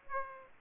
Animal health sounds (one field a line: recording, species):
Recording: mosquito wingbeat signal from an infrared sensor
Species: Aedes aegypti